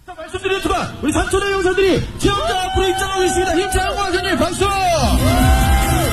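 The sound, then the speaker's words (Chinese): A group of challengers cheer and shout loudly in the cold while chasing and catching mountain trout by hand in a round pool about 10 meters across, with rising and falling whoops and yells overlapping in a continuous, excited din that stays strong throughout. “挑战者不惧寒冷，他们兴高采烈，高声欢呼。”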